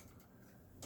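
A plastic power cable connector is pushed into a power header on an MSI B550 Gaming Edge WiFi motherboard in a Ryzen 7 5800X build. Low, steady background noise runs until a short, sharp latch click at 0.8 s. The connector is seated.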